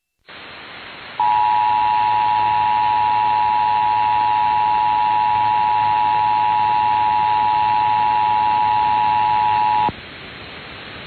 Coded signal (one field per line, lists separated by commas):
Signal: Emergency Alert System (SAME) tones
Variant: 853 and 960 Hz attention tone